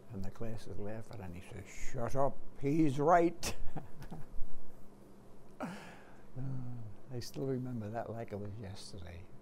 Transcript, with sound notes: And the class was laughing and he says, "Shut up. He's right." [chuckles] Ah, I still remember that like it was yesterday.